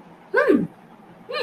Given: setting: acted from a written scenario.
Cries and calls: vocal sound without words; interest

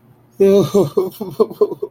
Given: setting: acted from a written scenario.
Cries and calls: vocal sound without words; sadness

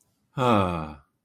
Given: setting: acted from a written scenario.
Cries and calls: vocal sound without words; contentment

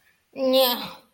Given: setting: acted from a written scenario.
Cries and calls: vocal sound without words; contempt

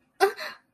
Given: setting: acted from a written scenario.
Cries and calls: vocal sound without words; negative surprise

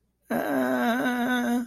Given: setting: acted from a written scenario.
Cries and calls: vocal sound without words; fear

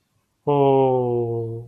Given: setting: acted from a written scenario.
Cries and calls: vocal sound without words; sympathy

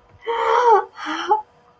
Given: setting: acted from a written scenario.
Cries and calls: vocal sound without words; positive surprise

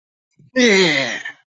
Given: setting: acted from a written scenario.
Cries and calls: vocal sound without words; pride

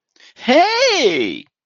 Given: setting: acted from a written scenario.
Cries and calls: vocal sound without words; positive surprise

